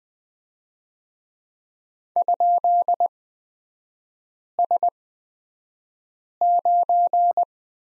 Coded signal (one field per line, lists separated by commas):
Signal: Morse code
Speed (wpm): 20 wpm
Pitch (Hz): 700 Hz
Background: none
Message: ?S9